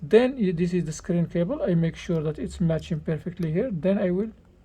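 Someone talks while lining up the screen flex cable connector with its socket on a Samsung S8 or S8+ phone board, checking that it matches perfectly before connecting it. Only speech is heard, and the connector has not seated or clicked yet.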